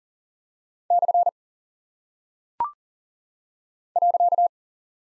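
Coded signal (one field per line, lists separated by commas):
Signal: Morse code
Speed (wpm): 41 wpm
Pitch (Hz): 700 Hz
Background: none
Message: / .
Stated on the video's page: Morse code head-copy drill of punctuation and prosign characters at 40 wpm, each sent twice around a spoken answer.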